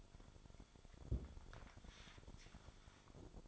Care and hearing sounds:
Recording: daily activity, microphone in the room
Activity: place on stove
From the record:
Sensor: 5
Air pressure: 1008.2 hPa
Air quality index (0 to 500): 118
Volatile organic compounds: 1 ppm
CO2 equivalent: 906 ppm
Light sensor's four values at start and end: 29/61/27/28 and 29/64/27/27

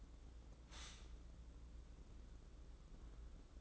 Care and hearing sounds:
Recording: daily activity, microphone in the room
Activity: stop toaster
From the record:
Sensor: 3

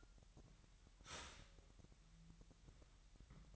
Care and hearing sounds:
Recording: daily activity, microphone in the room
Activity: start toaster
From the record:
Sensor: 3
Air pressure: 1001.9 hPa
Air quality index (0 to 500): 246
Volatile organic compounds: 50 ppm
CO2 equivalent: 3290 ppm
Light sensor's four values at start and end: 13/40/17/15 and 13/40/17/15

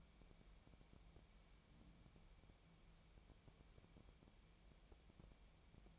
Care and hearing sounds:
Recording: daily activity, microphone in the room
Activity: wipe stove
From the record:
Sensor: 1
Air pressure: 1000.5 hPa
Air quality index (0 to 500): 184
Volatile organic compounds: 4 ppm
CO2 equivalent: 1698 ppm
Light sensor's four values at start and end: 13/31/13/15 and 13/31/13/15

